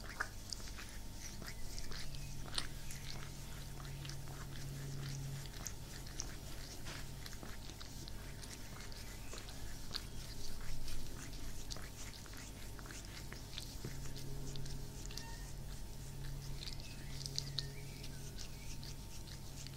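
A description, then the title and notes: Cats purr steadily through the whole stretch, a low continuous rumble that swells and eases in long waves. Over it come frequent soft rustles and small clicks and scratches, likely kneading and fur shifting, denser around the middle. ASMR with my cats massaging, purring, cuddling.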